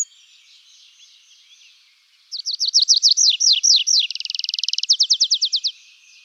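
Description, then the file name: Tree pipit singing: after a faint start, a loud phrase of rapid descending slurred notes, then a fast buzzy trill, ending in a series of quick sharp notes. "anthus trivialis"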